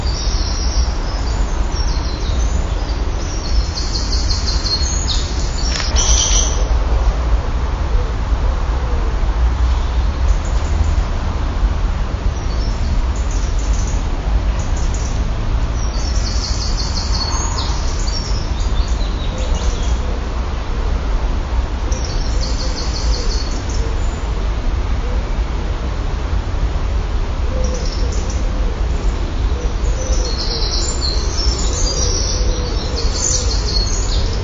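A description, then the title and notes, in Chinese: Outdoor ambience in Mill Field Wood, Leicestershire, with a steady, dense hiss and a constant low rumble throughout. Small high bird chirps break through now and then, around six, sixteen and thirty-two seconds. Mill Field Wood，弗莱克尼，莱斯特郡，英国。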